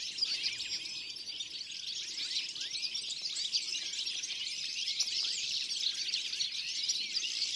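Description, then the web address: Birds in a dense chorus of many overlapping high chirps and twitters, continuous throughout with no pauses. "Deverinetal"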